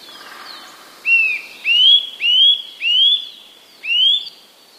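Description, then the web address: Eurasian nuthatch giving five clear rising whistled calls, spaced roughly half a second to a second apart, over faint high background twittering. Varied calls. "kowalik kowalikzmienny"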